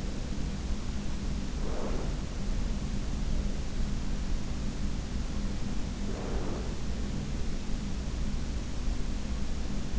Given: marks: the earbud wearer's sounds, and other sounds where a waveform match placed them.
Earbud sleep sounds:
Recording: sounds in sleep by an in-ear microphone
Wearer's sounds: breath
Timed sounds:
0.00-2.80 s: breath
4.75-8.24 s: breath

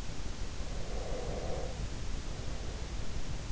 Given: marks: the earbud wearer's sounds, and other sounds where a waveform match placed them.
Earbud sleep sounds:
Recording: sounds in sleep by an in-ear microphone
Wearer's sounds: breath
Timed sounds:
0.58-3.44 s: breath

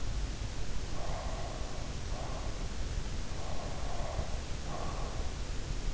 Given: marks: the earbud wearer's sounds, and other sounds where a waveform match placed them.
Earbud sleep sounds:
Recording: sounds in sleep by an in-ear microphone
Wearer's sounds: breath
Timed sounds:
0.75-2.69 s: breath
3.72-5.27 s: breath

